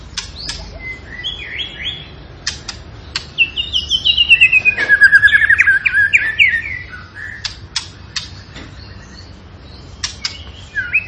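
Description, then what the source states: Tembakan bird song: a fast run of descending whistled notes around the middle, framed by sharp clicking ticks. Cage bird training recording (masteran) of a Tembakan bird in energetic, frequent singing form (gacor).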